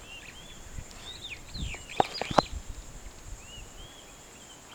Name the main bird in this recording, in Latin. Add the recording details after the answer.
Lamprotornis superbus. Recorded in Kenya on 28 May 2010. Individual 11, of group CF1